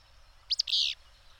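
Bird call: a quick double chip followed by a drawn-out rasping buzz, heard once over steady faint hiss.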